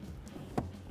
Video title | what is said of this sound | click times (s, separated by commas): Installing a Injen Evolution Cold Air Intake on 2021+ Ford Bronco 2.3L! | and just like that the air filter is locked into place | 0.6 s